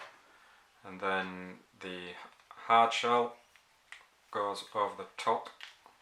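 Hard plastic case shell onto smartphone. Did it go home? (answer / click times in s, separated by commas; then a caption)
no / none. Someone talks while handling the rigid plastic outer shell of a rugged Spigen phone case, bringing it over a Samsung S8 and its inner sleeve, with a few faint ticks near 3.6 s, 3.9 s and 5.9 s. Nothing has seated or clicked yet.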